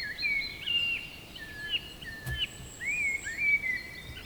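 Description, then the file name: Eurasian blackbird whistles: a string of smooth, gently rising and falling notes with a sharp click midway and a thin high whistle in the background. "mustarastas"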